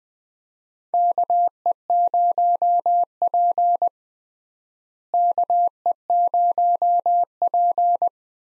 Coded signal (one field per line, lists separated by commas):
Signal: Morse code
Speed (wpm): 20 wpm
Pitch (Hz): 700 Hz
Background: none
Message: KE0P KE0P